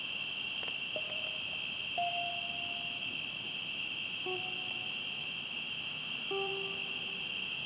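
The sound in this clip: Cricket trilling steadily at a high pitch, joined by several short tonal whistle-like calls at varying pitches.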